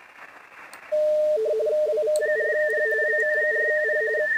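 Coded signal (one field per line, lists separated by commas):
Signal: RTTY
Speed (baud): 45.45 baud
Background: radio noise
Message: WV4P WV4P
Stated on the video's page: Weekly RTTY contest sent with an FTDX10 at 40 watts into a 71 ft end-fed antenna.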